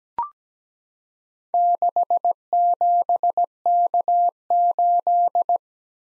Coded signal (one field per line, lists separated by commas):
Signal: Morse code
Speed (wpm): 17 wpm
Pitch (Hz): 700 Hz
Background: none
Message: 67K8